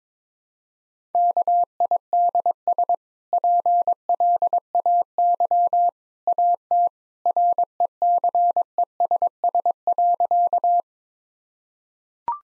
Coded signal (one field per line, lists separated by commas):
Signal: Morse code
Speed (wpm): 22 wpm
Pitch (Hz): 700 Hz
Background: none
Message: KIDS PLAY AT RECESS.